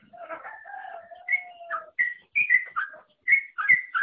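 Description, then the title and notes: Bird song: a low, drawn-out sliding whistle, then short bright whistled notes in quick, slightly uneven bursts. "Bird Sound. Kicau Burung Lengkap"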